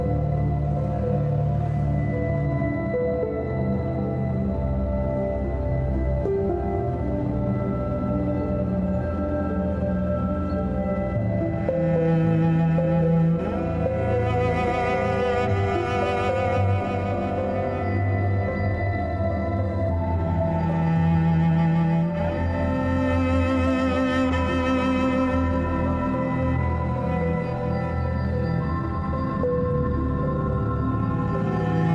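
Sustained string music plays throughout, with many held tones layered into a steady, full texture and a low hum underneath. The sound swells brighter around fifteen and twenty-four seconds, with shimmering upper notes, then settles back. Loudness stays even from start to finish.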